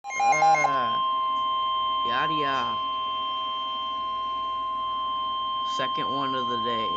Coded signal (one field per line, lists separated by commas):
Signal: Emergency Alert System (SAME) tones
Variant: 1050 Hz attention tone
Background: speech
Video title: 6/22/22 - Severe Thunderstorm Warning for My county! (EAS #64)